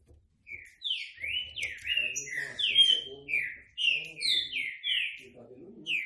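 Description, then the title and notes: Green-winged saltator song: a long string of sweet, falling whistled notes in rapid sequence, with faint low sounds in the background. Classic song style (canto clássico) of the trinca-ferro, presented as a training recording. "Canto Clássico Trinca Ferro TREINAMENTO. trinca fero"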